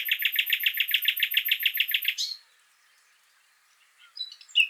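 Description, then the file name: Common nightingale song: a steady rapid series of repeated pulsed notes for two seconds, then quiet and a few soft notes before a sharp final chirp. "Luscinia megarhynchos"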